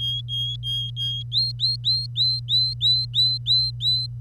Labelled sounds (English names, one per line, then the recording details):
Domestic Canary song
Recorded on 25 April 2018 at 08:59
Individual llb3